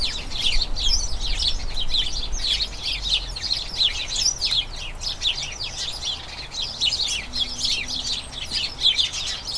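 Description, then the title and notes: Many house sparrows chirping together in an incessant, bubbling chatter of rapid short notes, with a low rumble and a faint brief hum underneath. A dozen birds, a colony in a small front garden as crocuses bloom; incessant excited chatter, a sign the colony is turning to the breeding season. "the soothing conversations of a flock of house sparrows. The happy, mesmerising chirping of a colony of house sparrows. As crocuses bloom in a small front garden, a dozen sparrows bubble with an incessant chatter full of infectious excitement – a sure sign that this little colony is turning its thoughts to the breeding season. Recorded by Fergus Collins"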